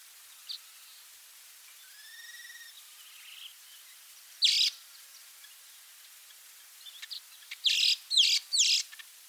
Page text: Rob van Bemmelen - Красноглазый ткач (Ploceus velatus)